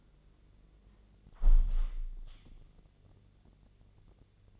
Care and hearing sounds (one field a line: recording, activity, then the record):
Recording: daily activity, microphone in the room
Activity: close window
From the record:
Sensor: 4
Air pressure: 1013.2 hPa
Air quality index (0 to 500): 170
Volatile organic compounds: 2 ppm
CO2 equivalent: 1074 ppm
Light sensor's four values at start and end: 59/145/60/62 and 61/153/63/64